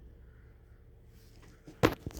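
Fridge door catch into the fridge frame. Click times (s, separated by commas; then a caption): 1.8 s. A fridge or freezer door in a Chausson Travel Line 711 motorhome is closed so it locks into the fridge frame with small plastic catches. After a quiet stretch of faint background hum, a sharp click is heard at 1.8 s, followed by a softer tap at 2.2 s. The door is locked in place.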